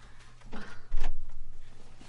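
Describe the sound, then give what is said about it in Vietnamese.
A door is pushed shut: a short rattling scrape, then a solid thump, leaving a low steady hum underneath. No one speaks. “Đấy bạn bè, quên mất không đóng cửa. Bà sao cứ bị lọt âm thanh bên ngoài vào mà không hiểu tại sao.”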